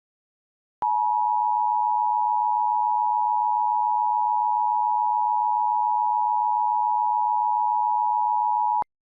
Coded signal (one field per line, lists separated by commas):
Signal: Emergency Alert System (SAME) tones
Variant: 853 and 960 Hz attention tone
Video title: EAS - Hyperactive Firestorm